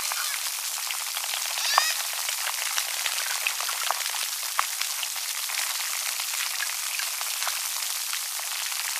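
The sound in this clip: Dolphin call: a short harmonic squeal with stacked bands near two seconds, followed by scattered clicks amid continuous underwater crackling.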